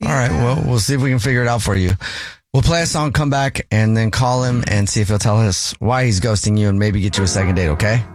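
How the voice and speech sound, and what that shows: A man with a low voice speaks fluently at a brisk, even pace in a polished broadcast style, pausing only briefly between phrases. Voicing is clear and steady, with no repeats, blocks or slurring. This is typical adult speech.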